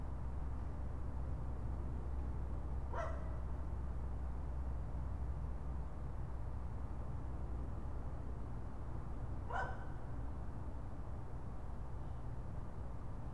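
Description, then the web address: Raccoon calls: two short rasping yelps, one near three seconds and one near nine and a half, with a low steady hum underneath. More than one raccoon. "phono raccoons"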